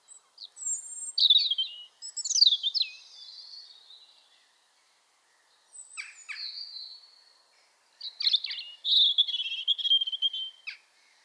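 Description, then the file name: European robin song in several separate phrases, each mixing thin high whistles with scratchy warbles and trills, with quiet pauses between them. "Erithacus rubecula"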